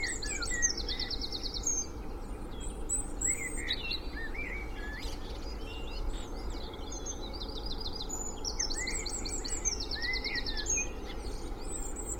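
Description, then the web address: Many birds singing at once, including fast high trills repeated several times and scattered whistled phrases, set against a continuous low rumble of traffic. Spring dawn chorus recorded in Cheshire, UK, with distant traffic noise in the background. "beanstalk-audio Spring dawn chorus with distant traffic noise Cheshire UK"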